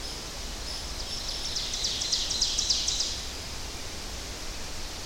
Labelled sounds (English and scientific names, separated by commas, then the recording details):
Ovenbird (Seiurus aurocapilla) song
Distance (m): 50 m
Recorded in boreal forest in Alberta, Canada, on 10 June 2016 at 08:55
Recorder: SongMeter 3, array SBT-3-39
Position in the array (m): 271 m, 158 m
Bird 19